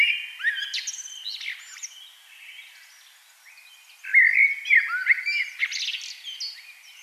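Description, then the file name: Common blackbird singing two phrases of fluted warbles and higher squeaky twitters, separated by a pause. "Turdus merula"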